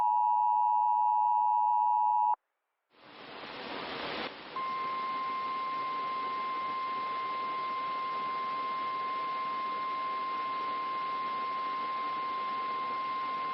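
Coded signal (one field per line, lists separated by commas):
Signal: Emergency Alert System (SAME) tones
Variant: 853 and 960 Hz attention tone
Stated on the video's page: EAS re-creation of a severe squall.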